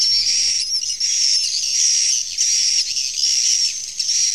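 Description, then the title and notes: Swiftlet chirping in a constant high, buzzy stream, a wavering whistle threading through, with short thin squeaks near the start. Used in swiftlet farming in Asia. "Swiflet Bird Sound. Farming Swiflet Bird asia sound"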